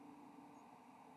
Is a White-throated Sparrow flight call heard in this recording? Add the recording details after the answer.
no. Another species' flight call is heard. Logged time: 02:16 on 7 November 2014